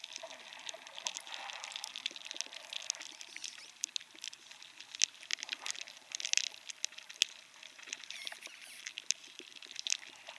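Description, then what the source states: Beetle feeding, heard as a rapid, uneven crackle of dry clicks and scratches with some louder isolated snaps. A beetle species eating the inside of piñon pines in New Mexico, damaging the trees; recorded inside the trees.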